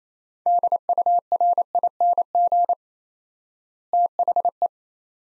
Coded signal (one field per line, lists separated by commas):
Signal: Morse code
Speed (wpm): 28 wpm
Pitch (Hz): 700 Hz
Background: none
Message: DURING THE